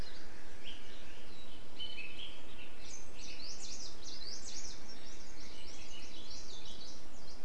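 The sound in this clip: Birds chirping, several high, quick overlapping chirps and short downslurred notes in loose bursts, heard over a steady loud hiss throughout.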